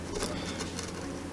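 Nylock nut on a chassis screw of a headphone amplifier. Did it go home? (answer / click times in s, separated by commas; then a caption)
no / none. A nylon-insert lock nut is turned backwards by hand on a chassis screw of a headphone amplifier, feeling for the starting threads to drop into engagement so the nut cannot cross-thread. Faint handling ticks sit over a steady low hum with a brief sharp tick near 0.8 s. The nut has not clicked into engagement or seated yet.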